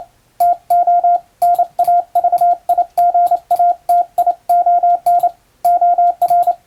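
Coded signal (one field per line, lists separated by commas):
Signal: Morse code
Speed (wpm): 28 wpm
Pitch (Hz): 700 Hz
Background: radio noise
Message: TO NAVIGATION OR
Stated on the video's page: Hand-keyed international Morse telegram sending practice with a telegraph key, by a first-class radiotelegraph operator.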